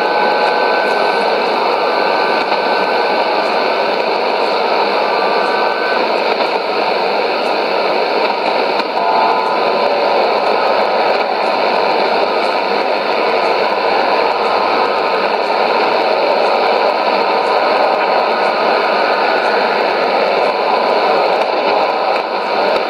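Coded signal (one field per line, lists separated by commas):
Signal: numbers station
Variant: HM01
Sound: steady wideband digital hiss with faint fixed tones, no spoken words, throughout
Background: radio static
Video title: 26 05 2017 Numbers station Cuban Spy HM01 in Spanish 0515 on 10860 Bauta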